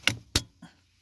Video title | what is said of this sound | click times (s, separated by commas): Ford Focus 1 Kontak Termiği Değişimi | çıt diye oturdu arkadaşlar Gördünüz mü buraya oturdu şu an sapasağlam | 0.4 s